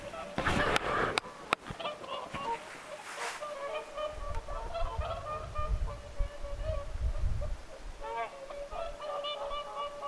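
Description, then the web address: Whooper swans calling in a flock, with a few loud knocks near the start and low rumbling noise under the steady honking. Whooper swans calling at Lintulahti on 6 November 2025. "paivat 6 11 2025 laulujoutsenten aantelya lintulahdella"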